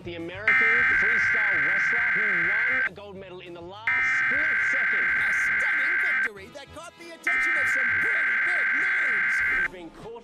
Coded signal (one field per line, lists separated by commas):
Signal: Emergency Alert System (SAME) tones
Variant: header bursts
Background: speech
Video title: Summer 2021 Emergency Alert System Test Grab Bag (Various Stations)